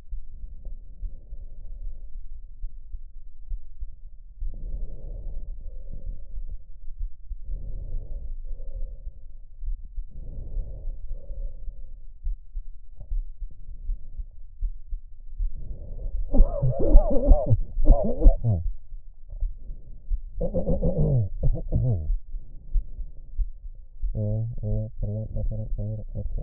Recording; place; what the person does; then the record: lung sounds by stethoscope; left anterior apical chest; quiet breathing, then cough and speech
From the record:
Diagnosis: none (healthy); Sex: male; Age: 45 years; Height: 173 cm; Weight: 92 kg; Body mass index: 30.7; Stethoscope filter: extended mode